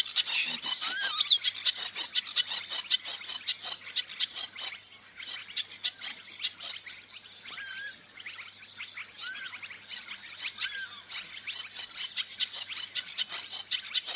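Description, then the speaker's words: Sedge warbler song: rapid, high, scratchy chattering with short clear whistled notes slipped in now and then, quieter for a stretch in the middle. Sings while flying from a willow bush. "Рядом на ивовом кустике перелетает с песней камышовка-барсучок."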